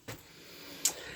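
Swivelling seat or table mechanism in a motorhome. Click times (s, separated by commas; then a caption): 0.8 s. In a Chusson Flash 716 motorhome, a swivelling seat, released by pulling a handle under the table so it can slide back and spin round to the chosen position, is let go. A soft bump at about 0.1 s is followed by a sharp click at 0.9 s as the swivel seat locks into position.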